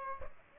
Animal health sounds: mosquito wingbeat signal from an infrared sensor; Aedes aegypti

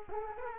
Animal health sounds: mosquito wingbeat signal from an infrared sensor; Culex quinquefasciatus

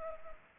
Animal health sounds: mosquito wingbeat signal from an infrared sensor; Culex pipiens

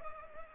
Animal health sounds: mosquito wingbeat signal from an infrared sensor; Culex pipiens

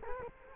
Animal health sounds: mosquito wingbeat signal from an infrared sensor; Culex quinquefasciatus

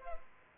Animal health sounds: mosquito wingbeat signal from an infrared sensor; Culex pipiens

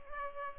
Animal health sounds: mosquito wingbeat signal from an infrared sensor; Culex pipiens

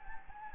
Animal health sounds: mosquito wingbeat signal from an infrared sensor; Anopheles gambiae

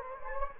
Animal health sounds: mosquito wingbeat signal from an infrared sensor; Anopheles gambiae

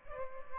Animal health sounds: mosquito wingbeat signal from an infrared sensor; Aedes albopictus

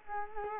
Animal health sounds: mosquito wingbeat signal from an infrared sensor; Culex quinquefasciatus

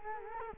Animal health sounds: mosquito wingbeat signal from an infrared sensor; Culex quinquefasciatus

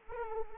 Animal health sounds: mosquito wingbeat signal from an infrared sensor; Anopheles arabiensis

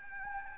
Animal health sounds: mosquito wingbeat signal from an infrared sensor; Anopheles gambiae

